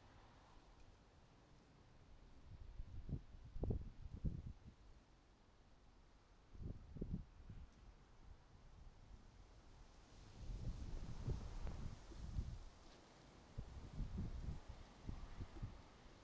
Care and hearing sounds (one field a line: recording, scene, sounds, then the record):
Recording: everyday scene through a hearing-aid microphone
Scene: wind on the microphone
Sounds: wind, traffic, birds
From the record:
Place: suburban garden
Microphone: in the ear canal, right